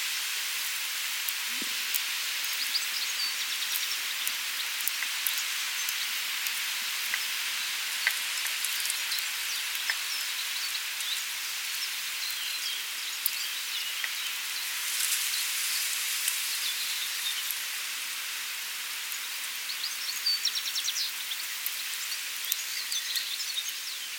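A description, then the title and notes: A summer field recording outdoors at Badbury Rings, Dorset, filled with a dense, steady, bright hiss and crackle, much like insects chirring in grass. Small ticks and clicks are scattered throughout, with a brief soft low knock near the start. Field recordings made at Badbury Rings, Dorset, UK, during the summer of 2023. Today, the area is also a nature reserve, with an important remnant of chalk grassland that is associated with a rich plant and invertebrate fauna.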